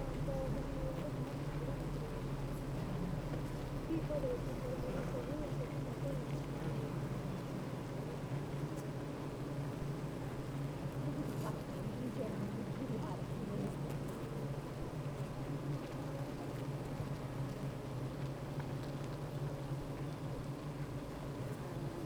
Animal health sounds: honeybee colony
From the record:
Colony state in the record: active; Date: 28 July 2017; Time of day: 8:24

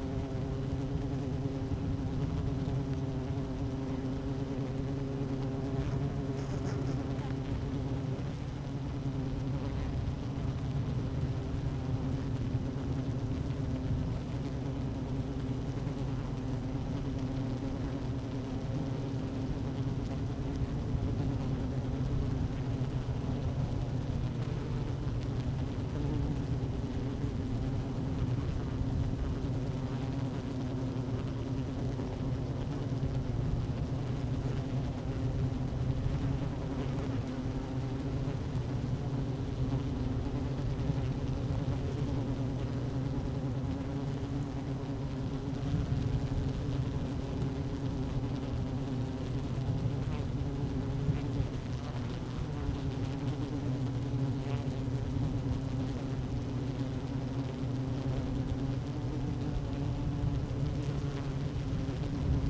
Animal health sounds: honeybee colony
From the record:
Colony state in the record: active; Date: 12 June 2018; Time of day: 12:05

